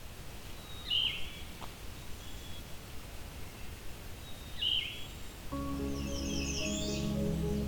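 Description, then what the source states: Yellow-throated Vireo song: two short, down-slurred phrases a few seconds apart, then music begins and fills the last two seconds. Small, bright songbird of open deciduous forest canopies in eastern North America; sounds like a red-eyed vireo with a sore throat; heard on a morning forest hike in Halton, Ontario.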